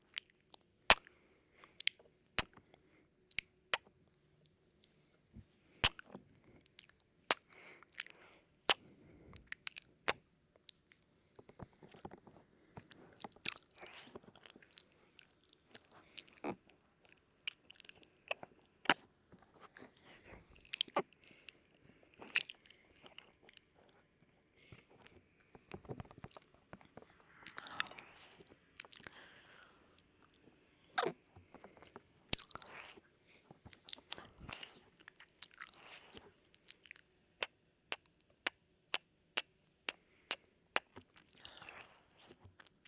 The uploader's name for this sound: ASMR Ear Noms